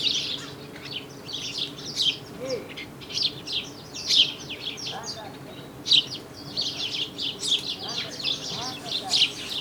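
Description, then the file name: House sparrows chirping in a busy, continuous chatter of brief scratchy notes, bursts swelling every second or so over a faint low hum. "Passer domesticus"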